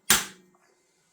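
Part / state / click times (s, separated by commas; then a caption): 24-pin ATX power cable into motherboard power socket / seated / 0.1 s. A 24-pin ATX power cable, first only partly inserted into the motherboard power socket, is pushed fully home until its plastic latch clips. A single loud, sharp click lands at 0.1 s and fades quickly, followed by a faint tick around 0.6 s. The connector is seated.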